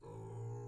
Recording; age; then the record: pig call; weaner (32 to 43 days)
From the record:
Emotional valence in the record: negative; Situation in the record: restrain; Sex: male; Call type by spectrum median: low-frequency call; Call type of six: low-frequency stable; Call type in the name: low-frequency stable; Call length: 0.68 s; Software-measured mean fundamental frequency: 56 Hz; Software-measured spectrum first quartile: 115 Hz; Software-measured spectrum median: 218 Hz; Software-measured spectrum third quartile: 537 Hz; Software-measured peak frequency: 400 Hz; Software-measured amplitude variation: 70 dB a second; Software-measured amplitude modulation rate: 30.2 a second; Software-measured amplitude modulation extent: 2.3 dB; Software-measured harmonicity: -3.1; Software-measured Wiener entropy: 0.23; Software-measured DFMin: 898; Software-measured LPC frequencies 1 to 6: 342, 888, 4102, 5475, 6981, 8295 Hz